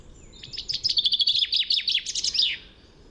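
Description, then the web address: Bird giving a fast series of many high, sharp chirps over faint low background noise. "Deverinetal 2025 File origin Bird Only Fr Co"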